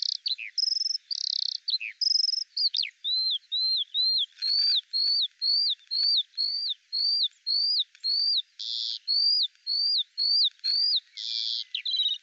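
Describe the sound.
Eurasian skylark song with mixed chirps, then a series of repeated rising-falling whistled notes about twice a second, continuing steadily.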